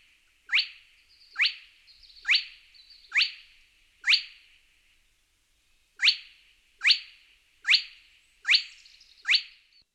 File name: Digiffects Sound Effects Library - Spotted Crake Bird